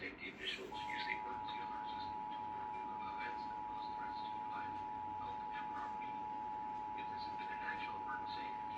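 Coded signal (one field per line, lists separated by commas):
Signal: Emergency Alert System (SAME) tones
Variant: 853 and 960 Hz attention tone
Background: speech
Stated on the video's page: Oregon statewide required monthly EAS test, relayed through a Trilithic EASyCAP and then EASyPLUS encoder/decoder.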